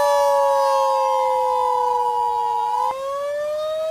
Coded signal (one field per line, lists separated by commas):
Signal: Emergency Alert System (SAME) tones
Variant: 853 and 960 Hz attention tone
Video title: EAS Scenario #1: Child's Play